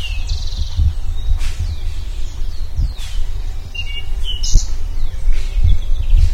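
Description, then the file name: Bird giving quick high chirps and downward-sweeping notes scattered through the stretch, with steady low-pitched rumble underneath. "SABIOD 50 bird 2015"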